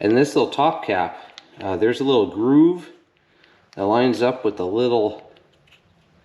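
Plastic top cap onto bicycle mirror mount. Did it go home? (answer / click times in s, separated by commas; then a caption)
no / none. Someone talks while handling the small plastic top cap of a bicycle side mirror mount, lining up its little groove with the mount. Only faint handling noises are heard between the speech, and the cap has not snapped into place yet, so nothing has seated or clicked.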